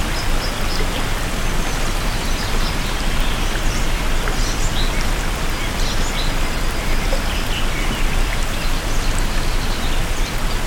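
April showers fall as a steady, dense patter of rain on a surface, unchanging throughout, with faint brief chirps now and then above it.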